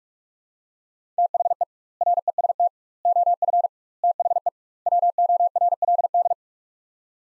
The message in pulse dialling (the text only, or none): none